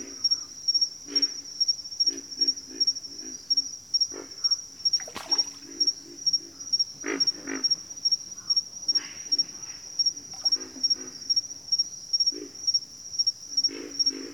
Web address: Sleep Sounds of Nature. Pig Frogs